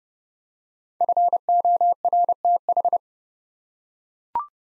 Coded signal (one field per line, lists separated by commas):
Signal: Morse code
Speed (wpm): 28 wpm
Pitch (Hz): 700 Hz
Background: none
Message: FORTH